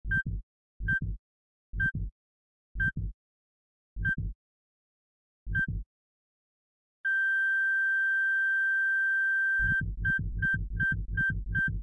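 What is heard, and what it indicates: Low double heart thumps, each with a high monitor beep, start near 60 a minute and slow steadily. A gap of silence follows, then a steady continuous tone like a flatline, then rapid beeping beats near 200 a minute.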